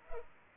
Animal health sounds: mosquito wingbeat signal from an infrared sensor; Culex pipiens

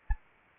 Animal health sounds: mosquito wingbeat signal from an infrared sensor; Anopheles arabiensis

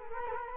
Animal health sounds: mosquito wingbeat signal from an infrared sensor; Culex quinquefasciatus

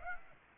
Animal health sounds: mosquito wingbeat signal from an infrared sensor; Aedes aegypti

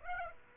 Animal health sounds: mosquito wingbeat signal from an infrared sensor; Aedes aegypti

